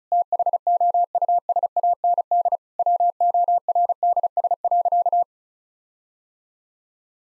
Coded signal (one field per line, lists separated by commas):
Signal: Morse code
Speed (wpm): 36 wpm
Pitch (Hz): 700 Hz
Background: none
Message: THOUSAND WORDS.